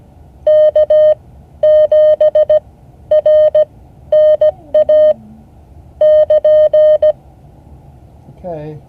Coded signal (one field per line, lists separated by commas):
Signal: Morse code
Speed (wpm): 17 wpm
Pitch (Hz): 610 Hz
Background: none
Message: K7RNA <KN>